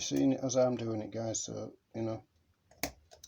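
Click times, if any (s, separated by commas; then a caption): 2.8 s. A steel circlip on a 1967 Wolseley 6/110 is opened out and worked down over the overdrive unit shaft next to the main bearing. After someone talks, it snaps into its groove with a sharp click at 2.8 s, followed by a few quieter ticks. The circlip is confirmed locked into place on the shaft.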